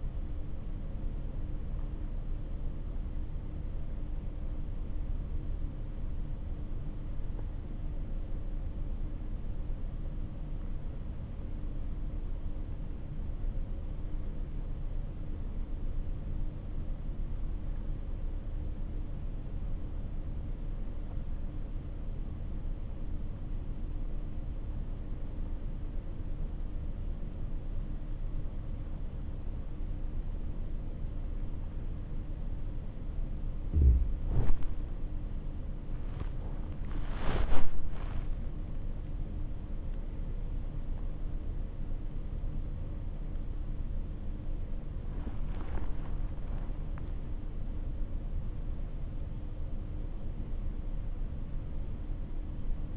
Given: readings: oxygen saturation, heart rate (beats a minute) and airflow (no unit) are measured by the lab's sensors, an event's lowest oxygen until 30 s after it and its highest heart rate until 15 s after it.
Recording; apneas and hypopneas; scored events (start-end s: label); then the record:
breathing in sleep by a smartphone at the bedside; 1
5.00-32.20 s: obstructive apnea (REM, oxygen 97% highest, then 91% lowest, heart rate 53 at the start, 67 highest)
From the record:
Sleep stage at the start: REM sleep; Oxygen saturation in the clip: 92 to 97%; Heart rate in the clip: 52 to 70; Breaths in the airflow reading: 5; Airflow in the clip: -10.4 to 13.0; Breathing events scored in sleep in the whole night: 304 in 5.6 hours asleep